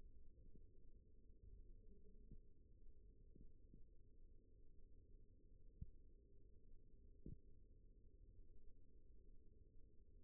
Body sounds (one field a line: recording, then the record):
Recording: forearm muscle sounds (acoustic myography)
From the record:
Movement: rest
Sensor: system 1, eight BSWA MPA416 microphones around the upper forearm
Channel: 1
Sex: male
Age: 42 years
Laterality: right